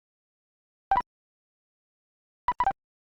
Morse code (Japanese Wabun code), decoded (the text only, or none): none